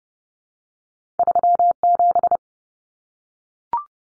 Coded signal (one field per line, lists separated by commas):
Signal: Morse code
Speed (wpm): 30 wpm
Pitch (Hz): 700 Hz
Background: none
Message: 37